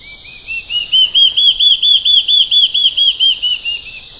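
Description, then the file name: Large-tailed antshrike: a long, even series of rapid arched whistled notes, growing louder then fading, over a quiet background. Recorded in Araucaria on 23 November 2014. "Mackenziaena-leachii-2014-11-23-PP-Araucaria---Jorge-La-Grotteria"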